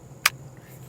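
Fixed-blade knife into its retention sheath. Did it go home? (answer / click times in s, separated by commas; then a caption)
yes / 0.3 s. A fixed-blade knife is pushed back into its retention sheath, giving one sharp, bright click at 0.3 s against a low, steady background hum. The knife seats in the sheath with that click. There is no talk in the clip.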